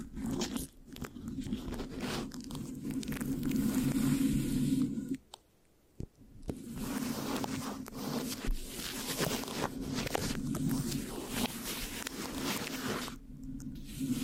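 Microphone scratching with a sticky, tacky texture fills the clip in dense, uneven bursts of crackling rubs over a low steady rumble. Around five seconds the sound drops to near silence for about a second, then the scratching resumes, briefly pausing again near thirteen seconds.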